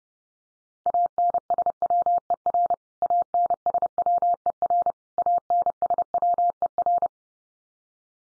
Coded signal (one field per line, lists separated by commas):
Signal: Morse code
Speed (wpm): 30 wpm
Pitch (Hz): 700 Hz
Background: none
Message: ANSWER ANSWER ANSWER